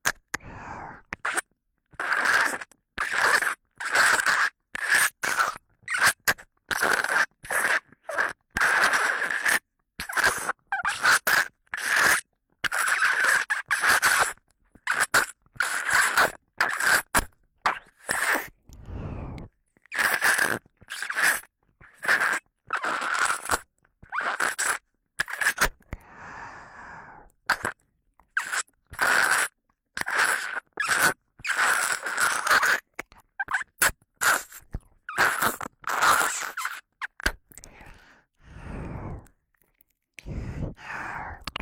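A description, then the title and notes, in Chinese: Ear-sucking sounds, as if drawing dirt out of the ear: quick wet, crackly smacks and scrapes arrive in dense, uneven bursts with brief silences between. The sucking keeps going for the whole stretch, thinning out briefly near the middle and again toward the end. 吸食你耳朵里的脏污。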